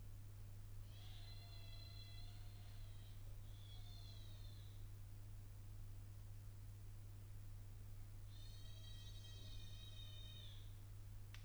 Baby Crying In The Hotel Late At Night Recorded In Hallway.